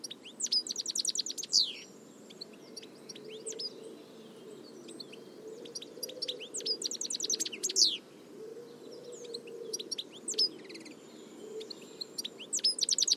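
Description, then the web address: Bird chirping in repeated bursts of sharp, high, quickly delivered notes, with short quieter spells between and a low rumble throughout. "Deverinetal"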